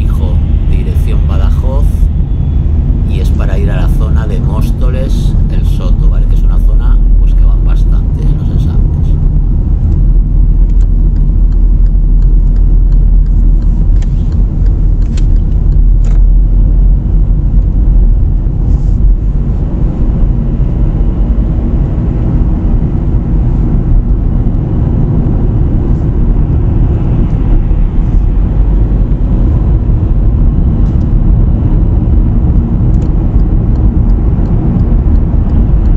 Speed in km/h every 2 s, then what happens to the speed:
33, 29, 31, 31, 35, 37, 34, 36, 39, 45, 52, 53, 59, 55, 61, 70, 73, 76.
4-20 speeds up to 52. 20-27 steady at about 53. 27-36 speeds up to 76.